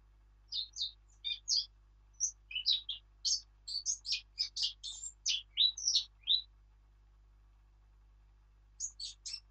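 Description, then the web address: Eurasian blackcap song: a fast, varied warbling phrase of many high notes, then a pause and a fresh start near the end. "birdsong Sylvia atricapilla"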